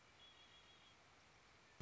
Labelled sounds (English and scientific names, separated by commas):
Red-winged Blackbird (Agelaius phoeniceus)